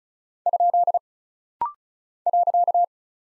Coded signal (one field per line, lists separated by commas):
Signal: Morse code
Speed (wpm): 36 wpm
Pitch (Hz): 700 Hz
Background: none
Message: ? .